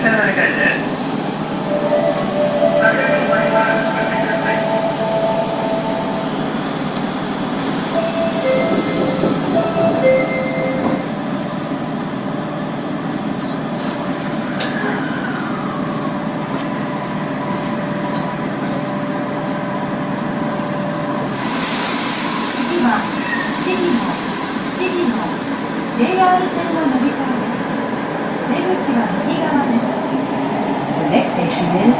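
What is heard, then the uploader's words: A subway train on the Osaka Imazatosuji line rolls along with a steady, dense rumble and hiss. Thin whining tones rise and fall over it, with short clicks and clunks scattered throughout. A brief burst of louder hissing comes around twenty-one seconds. 大阪市営地下鉄時代の今里筋線の全区間走行音. Travel sound Osaka city municipal subway Imazatosuji line.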